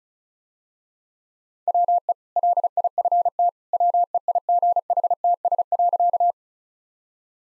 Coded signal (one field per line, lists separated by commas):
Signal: Morse code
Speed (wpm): 36 wpm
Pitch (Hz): 700 Hz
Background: none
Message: WE LIFT WEIGHTS.